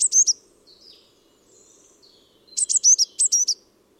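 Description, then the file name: Eurasian blue tit calls: a short burst of high, thin notes, a few fainter notes, then a second run of six or seven sharp hooked notes. "Cyanistes caeruleus"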